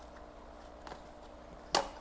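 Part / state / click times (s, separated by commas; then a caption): intake pipe on an aquarium side filter / released / 1.7 s. A plastic intake pipe is pulled off a side-mounted aquarium filter. A faint tick at 0.9 s comes before a sharp snap at 1.8 s as the pipe works loose and comes free.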